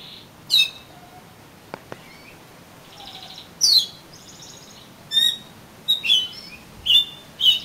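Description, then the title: Oriental magpie-robin song: sparse, well-spaced whistled notes and chips over quiet background, with a couple of faint clicks. "Kacer Kacer"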